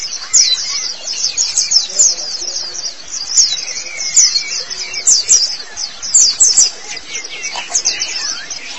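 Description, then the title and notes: White-eye song: rapid, excited series of very high chirps in short bursts, almost continuous, with a few lower notes underneath. "Kicauan Burung Pleci Durasi Panjang. Suara kicauan burung pleci"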